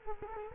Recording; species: mosquito wingbeat signal from an infrared sensor; Culex quinquefasciatus